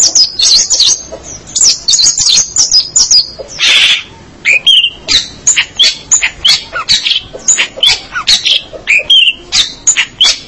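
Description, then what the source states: Long-tailed shrike song, a busy run of high twittering, harsh buzzes and squeaky chirps, mixed and continuous. Local name pentet; labelled 201703.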